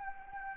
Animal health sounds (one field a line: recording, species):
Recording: mosquito wingbeat signal from an infrared sensor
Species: Anopheles arabiensis